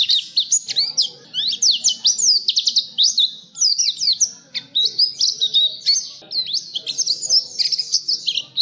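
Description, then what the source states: Nightingale song, dense rapid phrases of sharp rising and falling whistles and clicks, scarcely pausing, with a soft low background hum. Masteran tutor recording for training caged songbirds to sing.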